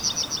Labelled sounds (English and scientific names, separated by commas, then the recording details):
Yellowhammer (Emberiza citrinella) song
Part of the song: start
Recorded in the Czech Republic on 1 May 2015
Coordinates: 50.052, 16.163
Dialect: BE
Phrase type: E34
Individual ch005